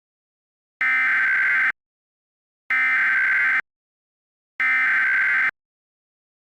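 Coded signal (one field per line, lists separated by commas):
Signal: Emergency Alert System (SAME) tones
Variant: header bursts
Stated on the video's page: Fictional, remastered EAS scenario about a second civil war.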